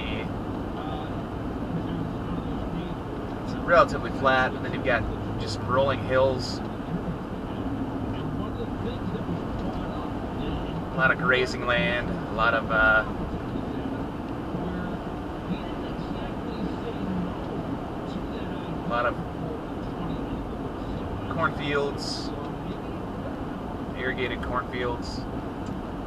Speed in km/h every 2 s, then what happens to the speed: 95, 95, 95, 97, 95, 93, 93, 93, 92, 90, 89, 90, 90.
0-26 steady at about 93.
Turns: none.